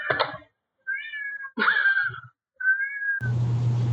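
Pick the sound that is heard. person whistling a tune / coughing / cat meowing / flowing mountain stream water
cat meowing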